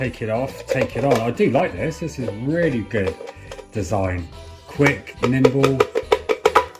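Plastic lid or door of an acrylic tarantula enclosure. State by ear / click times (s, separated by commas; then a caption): seated / 6.6 s. Someone talks over background music while the plastic lid or door of an acrylic tarantula enclosure is taken off and put back on. A quick run of sharp percussive clicks comes near the end, and the lid locks into place at 6.6 s.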